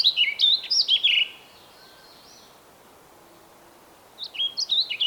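Bird song: a short burst of tumbling, slurred whistled notes, a long quiet gap with faint soft notes, then another brisk phrase.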